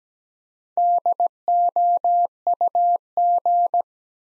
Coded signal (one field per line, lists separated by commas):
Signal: Morse code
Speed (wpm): 17 wpm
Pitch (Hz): 700 Hz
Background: none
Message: DOUG